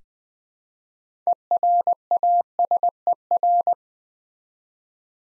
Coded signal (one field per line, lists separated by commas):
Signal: Morse code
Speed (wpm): 20 wpm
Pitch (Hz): 700 Hz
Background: none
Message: ERASER